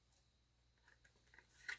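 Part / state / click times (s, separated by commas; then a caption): battery door into a battery charging cup / seated / 1.4 s. A plastic battery door is refitted over the spare batteries in a battery charging cup. A few light plastic ticks and scrapes come before it snaps into place with a sharp click at 1.4 s, and a louder rustle follows. The door is seated.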